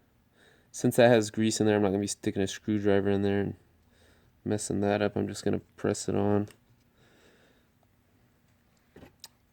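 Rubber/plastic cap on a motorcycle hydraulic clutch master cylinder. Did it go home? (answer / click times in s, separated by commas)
yes / 9.2 s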